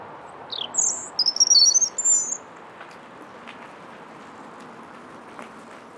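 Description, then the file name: European robin singing one brief, high phrase of sharp trills and thin whistles, followed by quiet hiss. "Erithacus rubecula"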